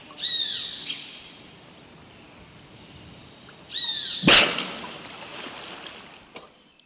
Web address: Natures Songs S America Mammals of the Rainforest Pink River Dolphin